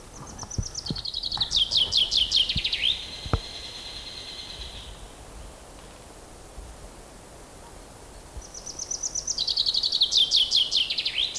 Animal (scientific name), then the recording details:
Fringilla coelebs. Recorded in the wild. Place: Liebenthal, Schorfheide, Brandenburg, DE. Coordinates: 52.92, 13.46. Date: 1996-04-07 12:35. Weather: heiter, 15°C, z.T. windig. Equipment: Nagra SN, Sennheiser MKH 416 T, Kopie Uher 4000 Report Monitor. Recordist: Tembrock, Günter. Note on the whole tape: Gesang: 2 Strophentypen (sehr gut), eine Strophe stets "abgebrochen", die andere am Schluß mit Wiederholung. Danach eine Strophe und Rufe eines anderen Exemplares, darauf Gesang (2 Strophentypen)